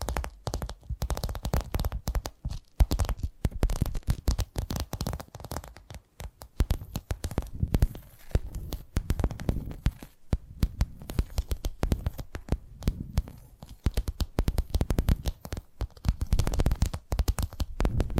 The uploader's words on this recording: ASMR 10 Addictive Tapping Triggers. (No Talking).